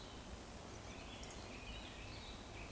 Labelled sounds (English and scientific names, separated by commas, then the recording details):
Eurasian Woodcock (Scolopax rusticola) whistle
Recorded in Baden-Württemberg, Germany, on 24 June 2020 at 20:09 UTC
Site 14569, 102 m above sea level